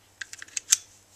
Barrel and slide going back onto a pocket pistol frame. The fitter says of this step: And then it can be rotated back, locked into place,